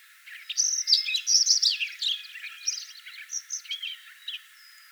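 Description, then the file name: Lincoln's sparrow delivers one rich, tumbling song of rapid twittering trills and buzzy notes, about four seconds long, fading at the end. "Lincolns Sparrow singing"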